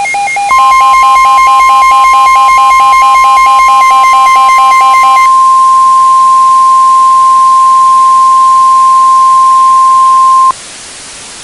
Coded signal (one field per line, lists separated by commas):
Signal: Emergency Alert System (SAME) tones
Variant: 1050 Hz attention tone